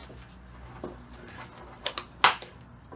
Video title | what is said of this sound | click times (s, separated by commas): DIY Greenhouse From Bottles | you have to push it in that snaps | 2.2 s